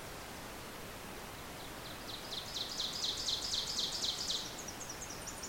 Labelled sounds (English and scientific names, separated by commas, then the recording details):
Ovenbird (Seiurus aurocapilla) song
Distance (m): 35 m
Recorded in boreal forest in Alberta, Canada, on 26 May 2016 at 08:11
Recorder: SongMeter 3, array SBT-3-15
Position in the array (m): 53 m, 217 m
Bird 20